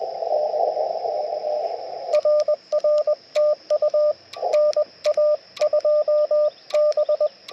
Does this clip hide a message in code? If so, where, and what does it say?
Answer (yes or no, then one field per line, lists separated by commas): yes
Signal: Morse code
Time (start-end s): 0.3-7.3 s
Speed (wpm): 20 wpm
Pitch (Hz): 600 Hz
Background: radio noise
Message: BK RRTU NA2B